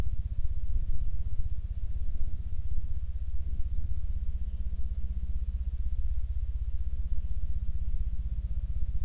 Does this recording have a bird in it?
no